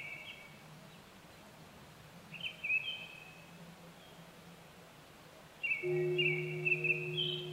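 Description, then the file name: Japanese thrush song of brief whistled phrases, three groups spread throughout; a steady low tonal hum starts partway and continues to the end. 25 April 2010 at 18:00. "kurotugumi-20100425-1800"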